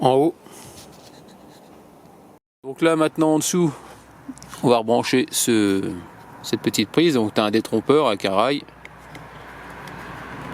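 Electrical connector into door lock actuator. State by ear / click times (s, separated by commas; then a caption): not seated / none. Someone talks while a small electrical plug with a keyed rail is lined up to be reconnected to the underside of a replacement door lock on a C5 car. Two brief sharp sounds come near 8.9 s and 9.2 s, but the plug has not seated or clicked into the lock yet.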